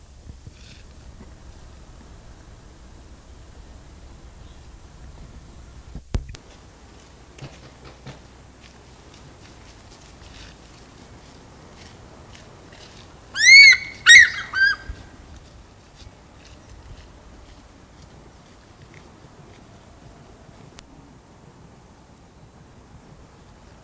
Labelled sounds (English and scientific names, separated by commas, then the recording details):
African Fish-eagle (Haliaeetus vocifer)
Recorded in captivity
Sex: pair
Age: adult
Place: Zoo Berlin, Berlin, DE
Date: 2000-12-12 14:08
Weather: bedeckt, 12°C
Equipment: Nagra SN, Kopie Uher 4000 Report Monitor
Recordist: Tembrock, Günter
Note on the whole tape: Männchen: Rufe und Paarrufen (Weibchen mit der tiefen Stimme), teilweise sehr gute Aufnahmequalität